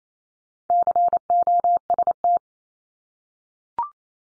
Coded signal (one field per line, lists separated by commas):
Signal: Morse code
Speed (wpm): 28 wpm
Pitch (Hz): 700 Hz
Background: none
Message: COST